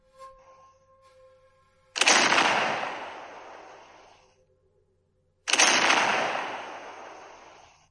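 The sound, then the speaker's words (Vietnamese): Two loud, booming cannon explosions, each striking with a sharp onset and then rumbling away over about two seconds, separated by a short pause with faint background hum. “Hai tiếng nổ lớn kinh thiên vang lên, đất núi rung chuyển, tường thành trên mặt đất đều rung động, loan trướng của hoàng đế cũng lay động khẽ một trận.”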